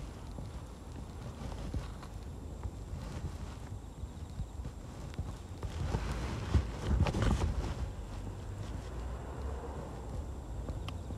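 Weeding in a carrot patch at dusk, with grass pulled and snipped by hand. Soft rustling and scattered small clicks run throughout over a low, steady rumble, growing busier and louder around the six-to-seven-second mark. A faint thin high whine persists behind.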